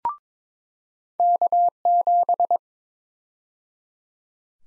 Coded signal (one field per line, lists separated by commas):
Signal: Morse code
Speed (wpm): 22 wpm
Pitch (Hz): 700 Hz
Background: none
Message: K7